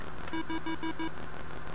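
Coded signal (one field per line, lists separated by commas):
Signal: none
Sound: game's sound effect beeps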